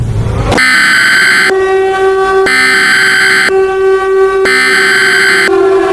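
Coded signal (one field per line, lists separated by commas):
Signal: Emergency Alert System (SAME) tones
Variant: header bursts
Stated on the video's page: Fictional EAS scenario, a simulated alert rather than a real one.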